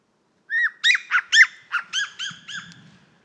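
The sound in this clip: Siberian jay calls: a quick series of about eight harsh, arched squawks, slightly irregular, softening toward the end.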